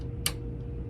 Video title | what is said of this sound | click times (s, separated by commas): Inserting a Bobbin with Myrna Ficken | I reach up, snap it in. | 0.3 s